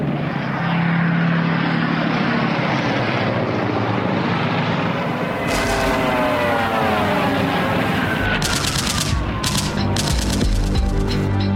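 Propeller warplanes that Göring launches into attack at the start of the Second World War roar overhead in a dense, continuous engine drone with shifting pitch, broken late by sharp bursts of rapid machine-gun fire.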